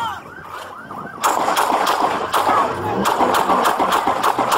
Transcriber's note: police sirens; gunshots